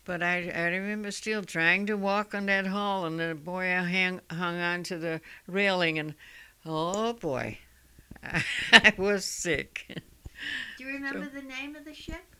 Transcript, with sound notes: But I, I remember still trying to walk in that hall, and the, boy, I han---hung to the railing, and, oh, boy. [Laughs] I was sick.
Do you remember the name of the ship?